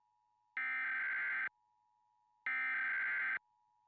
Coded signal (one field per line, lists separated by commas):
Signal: Emergency Alert System (SAME) tones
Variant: header bursts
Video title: The first test of the National Emergency Alert System 11/9/11.